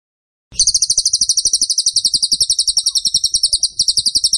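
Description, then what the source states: Bird song: a high, rapid trill of sharp, even pulses, running steadily for over three seconds. Masteran (training) song of a bird in tembakan style, described as gacor.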